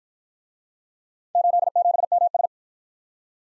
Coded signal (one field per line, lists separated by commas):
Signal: Morse code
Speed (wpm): 51 wpm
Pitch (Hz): 700 Hz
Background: none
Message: 87MS